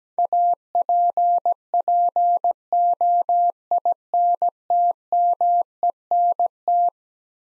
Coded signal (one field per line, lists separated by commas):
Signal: Morse code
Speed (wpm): 17 wpm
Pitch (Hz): 700 Hz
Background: none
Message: APPOINTMENT